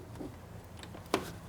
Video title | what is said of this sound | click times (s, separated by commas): 2013-2020 Nissan Pathfinder Headlight Bulb Replacement | And you'll kind of feel it lock into place a little bit. | 1.1 s